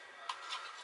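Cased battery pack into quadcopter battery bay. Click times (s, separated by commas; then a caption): 0.3 s. A plastic-cased battery pack for a Syma X5UC quadcopter is pushed pins first onto the two pins in the drone's battery bay. A short, sharp click at 0.3 s marks it seating, followed by faint handling noise. The battery is confirmed connected.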